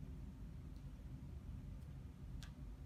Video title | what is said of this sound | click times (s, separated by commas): How to Replace Cracked iPhone Screen (iPhone 6/6s) | Clicked. I don't know if you can hear that click or not. | 2.4 s